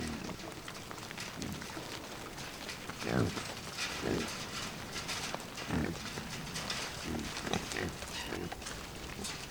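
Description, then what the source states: Pigs giving short harsh grunting bursts scattered throughout, over a steady noisy background. Black pigs fighting, Alentejo, Portugal, 2011.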